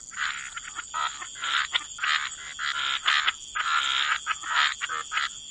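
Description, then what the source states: Frogs croaking in harsh, overlapping bursts, some calls drawn out and rasping, over a thin steady hiss. Frog chorus mixed with white noise, for sleep.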